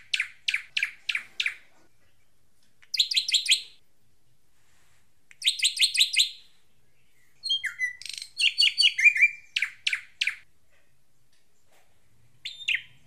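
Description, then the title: Drongo giving a row of five sharp chips, then two fast ticking bursts, followed by mixed whistles and rasps; otherwise silent. "Suara Srigunting. Hobiburung"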